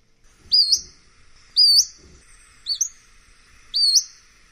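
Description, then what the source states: Pacific-slope Flycatcher giving high, slurred rising peeps, four spaced calls in under five seconds. Call described as a very distinct set of chips and peeps.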